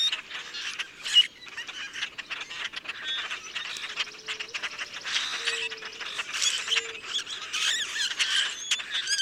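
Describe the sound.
Common grackles give scattered creaky squeals and sharp rasping notes amid busy flock chatter; a loud squeak near one second and low wavering notes midway.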